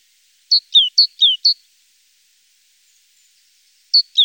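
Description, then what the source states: Great tit song: bright two-note phrases, a high note dropping to a lower one, repeated twice and followed by a single high note, then a pause before the phrase starts again. Recorded in Germany, Austria or Switzerland.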